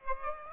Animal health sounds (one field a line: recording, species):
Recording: mosquito wingbeat signal from an infrared sensor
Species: Aedes aegypti